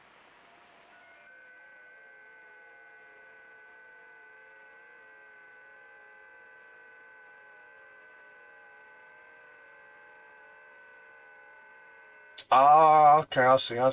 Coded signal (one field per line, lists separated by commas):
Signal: FT8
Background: speech